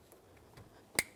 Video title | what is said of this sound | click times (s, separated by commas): How to Replace Fuel Pump 2009-2010 Pontiac Vibe | press that down listen for a click give it a tug you want to make sure it's secure so it does not fall off while you're driving down the road | 1.0 s